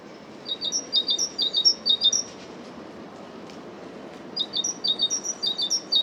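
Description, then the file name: Great tit song: bright two-note phrases repeated quickly in two bursts, a pause of about two seconds between them, over a low steady rumble. "Great Tit Parus major"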